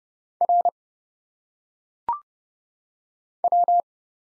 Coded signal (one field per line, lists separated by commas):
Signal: Morse code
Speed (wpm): 31 wpm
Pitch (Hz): 700 Hz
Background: none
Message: R W